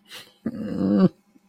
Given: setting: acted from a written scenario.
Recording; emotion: vocal sound without words; sadness